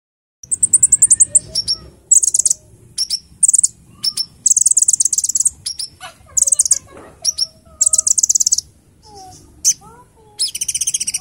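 Small bird song: bursts of very high, thin chirps and rapid trills come in quick runs with short pauses, with a few softer lower whistled notes between them.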